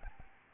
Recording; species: mosquito wingbeat signal from an infrared sensor; Aedes albopictus